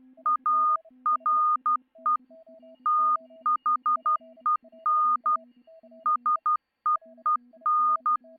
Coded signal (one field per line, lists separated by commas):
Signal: Morse code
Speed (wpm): 12 wpm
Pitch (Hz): 1220 Hz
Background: none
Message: ARE THEN SEEN